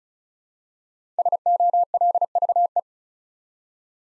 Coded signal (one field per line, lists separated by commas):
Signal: Morse code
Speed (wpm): 36 wpm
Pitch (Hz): 700 Hz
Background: none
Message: SOLVE